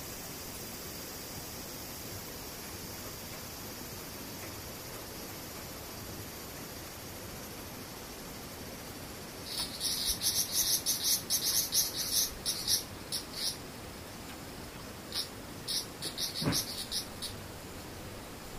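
Cicadas keep up a steady, thin high hiss throughout. Near the ten-second mark a louder, shrill pulsing call starts in rapid bursts, pauses around thirteen seconds, and returns near fifteen seconds, with a brief thump at about sixteen and a half.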